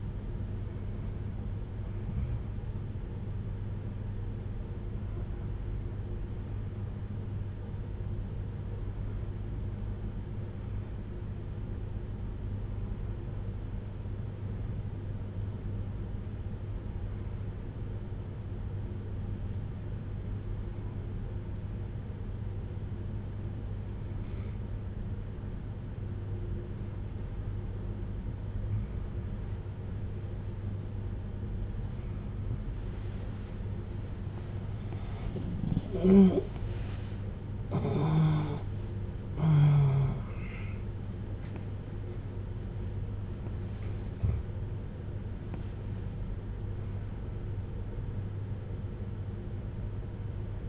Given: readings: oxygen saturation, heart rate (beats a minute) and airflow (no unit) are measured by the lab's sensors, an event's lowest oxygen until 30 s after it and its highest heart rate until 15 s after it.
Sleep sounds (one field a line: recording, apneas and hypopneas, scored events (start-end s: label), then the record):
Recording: breathing in sleep by a smartphone at the bedside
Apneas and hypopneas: 1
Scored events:
7.00-30.80 s: hypopnea (N1, oxygen 96% highest, then 92% lowest, heart rate 55 at the start, 81 highest)
27.00-50.69 s: new sleep stage, awake
31.00-50.69 s: awake
From the record:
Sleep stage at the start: N1 (lightest sleep)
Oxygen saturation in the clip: 91 to 96%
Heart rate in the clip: 55 to 88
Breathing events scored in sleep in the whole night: 310 in 8.1 hours asleep